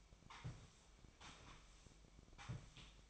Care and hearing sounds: daily activity, microphone in the room; sweep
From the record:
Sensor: 1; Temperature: 24.7 degrees Celsius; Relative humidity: 39.7%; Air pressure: 1001.6 hPa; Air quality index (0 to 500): 220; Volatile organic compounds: 29 ppm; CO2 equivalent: 2933 ppm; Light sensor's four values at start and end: 8/28/10/11 and 8/29/10/11

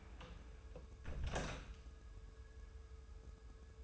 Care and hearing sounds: daily activity, microphone in the room; close door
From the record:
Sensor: 2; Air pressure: 1015.0 hPa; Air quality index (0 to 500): 137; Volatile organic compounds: 5 ppm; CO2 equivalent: 1769 ppm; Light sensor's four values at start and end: 13/35/14/15 and 13/35/14/15

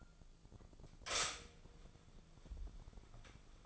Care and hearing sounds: daily activity, microphone in the room; stop toaster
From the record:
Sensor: 5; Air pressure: 1000.4 hPa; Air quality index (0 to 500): 128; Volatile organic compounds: 2 ppm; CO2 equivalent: 1010 ppm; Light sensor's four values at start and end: 83/195/83/89 and 82/193/82/89

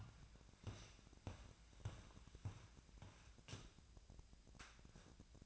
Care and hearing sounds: daily activity, microphone in the room; walk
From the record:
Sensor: 2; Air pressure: 1012.0 hPa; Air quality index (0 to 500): 177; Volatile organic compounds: 2 ppm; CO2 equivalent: 1289 ppm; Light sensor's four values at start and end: 38/98/42/46 and 39/100/43/47

